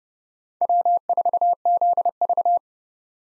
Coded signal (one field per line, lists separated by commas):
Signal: Morse code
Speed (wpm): 30 wpm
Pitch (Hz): 700 Hz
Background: none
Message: W4ZV